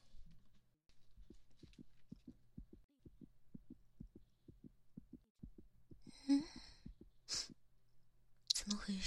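A fast, steady run of soft, evenly spaced thumps, with rustling near the end. The heartbeat is far too fast, a rapid heart rate (tachycardia). The scene is acted.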